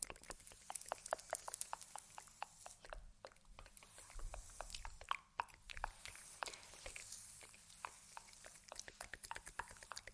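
Soft mouth sounds and light taps click irregularly every fraction of a second over a faint hiss, with a few denser moist bursts midway.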